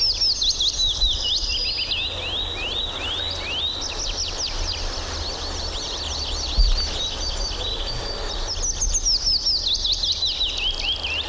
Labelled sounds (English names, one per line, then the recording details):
Yellowhammer
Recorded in the wild
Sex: male
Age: adult
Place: Berlin Blankenfelde, Berlin, DE
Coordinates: 52.626, 13.392
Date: 1993-04-20 10:44
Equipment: Sony WM-D6C, Sennheiser ME 80, K 30 AV, Kopie Tascam 22-2
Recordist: Quaisser, Christiane